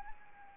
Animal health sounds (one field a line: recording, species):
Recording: mosquito wingbeat signal from an infrared sensor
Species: Anopheles arabiensis